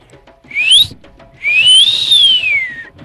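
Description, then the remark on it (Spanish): A person whistles by blowing air between the lips, two clear, high notes: a short rising chirp, then a longer tone that swoops up and slowly glides back down. It's loud and stands alone, with no talking. “Bueno, entonces decía que si vos soplas aire entre los labios, estos vibran y tú silbas.”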